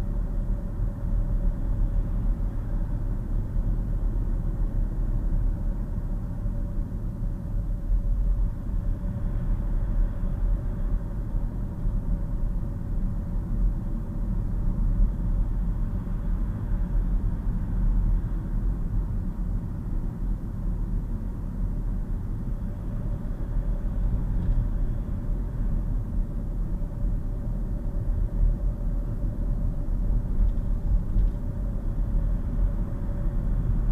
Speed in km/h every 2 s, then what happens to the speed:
35, 35, 34, 34, 34, 39, 35, 37, 39, 39, 37, 39, 37, 37, 37, 39, 42.
0-34 steady at about 37.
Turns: none.